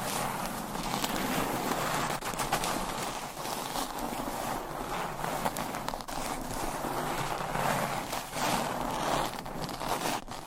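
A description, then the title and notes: Continuous scratching and tracing across a surface, dense and rough with a bright hiss, broken by occasional sharp taps, steady throughout. ASMR Surface Scratching - Tapping - Tracing.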